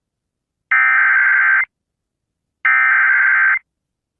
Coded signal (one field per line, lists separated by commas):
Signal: Emergency Alert System (SAME) tones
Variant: header bursts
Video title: Emergency Alert System Flash Flood Warning | Sound Effect | SFX | LA County